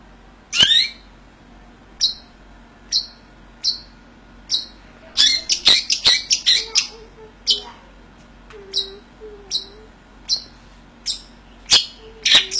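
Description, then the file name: Long-tailed shrike with spaced, sharp clipped notes mixed with short chatter bursts, while soft low whistled notes sound in the background. "cendet samohong"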